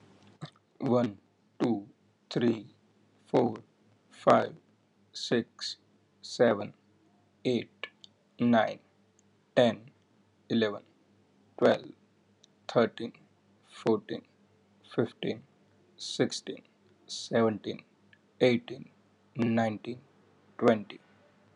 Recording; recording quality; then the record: counting at a normal pace; moderate, slight background noise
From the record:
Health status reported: healthy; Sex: male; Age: 27 years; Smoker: yes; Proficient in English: yes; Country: India